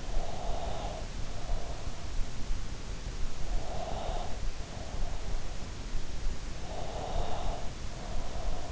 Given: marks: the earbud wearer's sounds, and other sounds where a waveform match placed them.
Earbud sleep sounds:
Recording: sounds in sleep by an in-ear microphone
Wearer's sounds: breath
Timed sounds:
0.15-2.04 s: breath
3.75-5.35 s: breath
6.72-8.72 s: breath

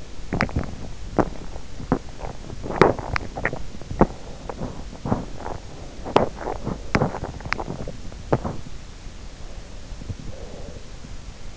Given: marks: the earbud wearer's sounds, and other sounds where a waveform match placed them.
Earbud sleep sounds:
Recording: sounds in sleep by an in-ear microphone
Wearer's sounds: teeth grinding, breath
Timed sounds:
0.00-9.12 s: teeth grinding
9.35-11.57 s: breath

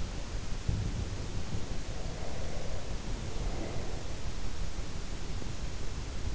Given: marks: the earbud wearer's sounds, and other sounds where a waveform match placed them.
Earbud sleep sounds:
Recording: sounds in sleep by an in-ear microphone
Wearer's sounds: breath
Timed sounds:
0.65-3.98 s: sound from someone else or the room
1.94-3.98 s: breath

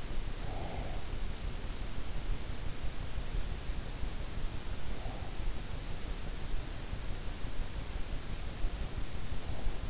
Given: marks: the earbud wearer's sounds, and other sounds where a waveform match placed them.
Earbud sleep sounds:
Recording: sounds in sleep by an in-ear microphone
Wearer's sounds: breath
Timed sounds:
0.00-1.66 s: breath

